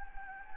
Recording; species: mosquito wingbeat signal from an infrared sensor; Anopheles gambiae